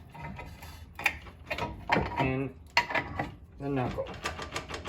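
On a 2001–2010 7th/8th-generation Honda Civic during a lower ball joint swap, the CV axle spline shaft is being placed and wiggled into the steering knuckle hub while someone talks. Short metallic knocks and scrapes of handling are heard throughout. Nothing has seated or clicked yet; the spline has not gone home.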